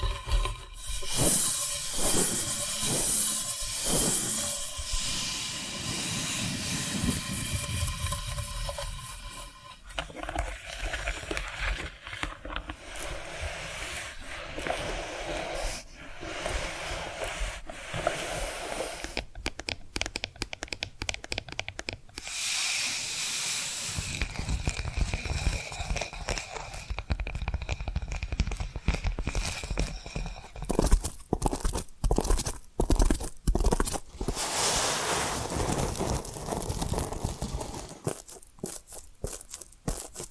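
Tapping and scratching sounds continue at a steady level throughout. The first ten seconds bring regular, rhythmic taps. After that, dense rough scratching and rustling take over, broken by bursts of quick crunchy strokes around 20 and 28 seconds, with a bright hiss throughout.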